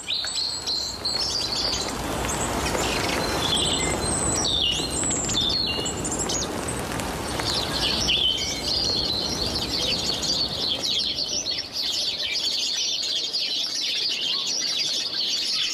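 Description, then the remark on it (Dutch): Robin and song thrush sing continuously in high, bright trills and repeated phrases over a steady hiss of rain, with no voices present. “fietst in de regen door Meijendel bij Den Haag en hoort Roodborst, zanglijster, grote bonte specht en beseft: het mag wel regenen, maar het is lente.”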